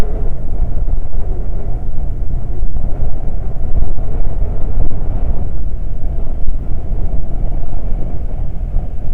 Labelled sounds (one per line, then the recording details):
wind
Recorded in the Prudhoe Bay oil fields, Alaska, on 12 July 2019 at 00:03
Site 29